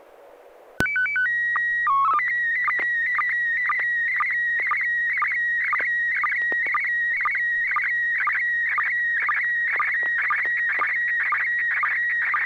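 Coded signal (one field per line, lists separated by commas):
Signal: SSTV (slow-scan television)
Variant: PD 120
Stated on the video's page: SSTV net transmissions on an FM repeater at 441.300 MHz in Sacramento, sent with MMSSTV software.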